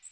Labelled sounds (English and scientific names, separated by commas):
Magnolia Warbler (Setophaga magnolia) flight call